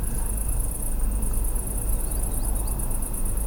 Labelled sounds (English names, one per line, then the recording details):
Green Sandpiper
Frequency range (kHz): Green Sandpiper 3.3-5.6 kHz
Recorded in France